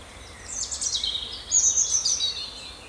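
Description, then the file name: Bird song, a fast twittering burst followed by a sustained high trill, over a soft background hiss. "Victoria Arlidge - Relaxing Birdsong"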